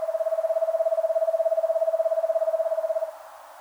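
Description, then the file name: Eastern screech owl trill: rapid, evenly spaced whistled notes at one pitch for about three seconds, then quiet background hiss. "Eastern Screech Owl Megascops asio"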